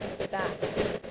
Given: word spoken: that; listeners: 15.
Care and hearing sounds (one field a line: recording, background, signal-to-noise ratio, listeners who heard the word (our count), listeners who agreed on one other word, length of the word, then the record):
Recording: one English word in noise, from a listening test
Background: noise modulated by three-talker babble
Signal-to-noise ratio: -6.9 dB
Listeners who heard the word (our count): 0 of 15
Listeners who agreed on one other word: 10 of 15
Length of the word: 0.71 s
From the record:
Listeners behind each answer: 10, 4, 1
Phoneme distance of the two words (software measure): 20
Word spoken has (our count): 1 syllable, 3 phonemes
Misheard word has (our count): 1 syllable, 3 phonemes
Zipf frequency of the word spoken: 7.19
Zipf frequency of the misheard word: 6.25